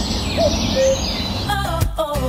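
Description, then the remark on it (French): A bird sings short whistled notes that alternate between two pitches in a simple repeating pattern, over a steady, textured background hiss. “Même les oiseaux le font.”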